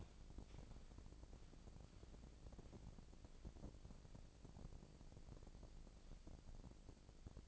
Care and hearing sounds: daily activity, microphone in the room; walk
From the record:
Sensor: 5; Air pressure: 1012.3 hPa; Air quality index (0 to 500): 156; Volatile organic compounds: 2 ppm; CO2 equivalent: 1072 ppm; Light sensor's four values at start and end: 340/818/350/391 and 337/809/346/386

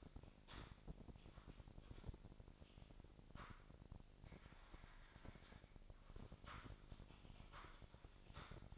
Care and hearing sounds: daily activity, microphone in the room; typing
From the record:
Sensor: 5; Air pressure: 1007.7 hPa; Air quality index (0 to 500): 95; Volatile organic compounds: 1 ppm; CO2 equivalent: 748 ppm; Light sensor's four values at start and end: 39/92/38/39 and 39/91/37/38

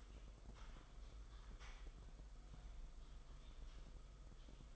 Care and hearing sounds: daily activity, microphone in the room; typing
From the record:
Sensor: 5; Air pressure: 991.1 hPa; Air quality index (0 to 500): 131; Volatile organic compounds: 70 ppm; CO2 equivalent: 3520 ppm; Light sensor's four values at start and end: 38/120/46/49 and 38/120/46/49

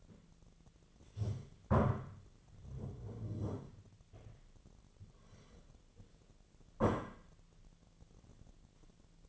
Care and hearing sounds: daily activity, microphone in the room; stand up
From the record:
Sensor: 4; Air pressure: 1008.8 hPa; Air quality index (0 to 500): 170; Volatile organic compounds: 5 ppm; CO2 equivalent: 1708 ppm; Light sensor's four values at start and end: 23/73/28/27 and 23/73/28/26

